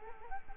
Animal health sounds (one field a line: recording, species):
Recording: mosquito wingbeat signal from an infrared sensor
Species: Culex quinquefasciatus